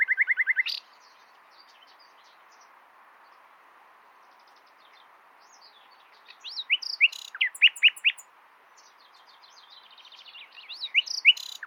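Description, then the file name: Common nightingale song beginning with a brief rapid trill, a long pause, then varied chirping phrases. "Luscinia megarhynchos"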